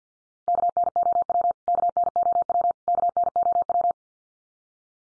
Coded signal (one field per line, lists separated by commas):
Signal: Morse code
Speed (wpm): 54 wpm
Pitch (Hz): 700 Hz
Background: none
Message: KNOW KNOW KNOW